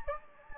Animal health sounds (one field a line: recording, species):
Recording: mosquito wingbeat signal from an infrared sensor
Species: Anopheles gambiae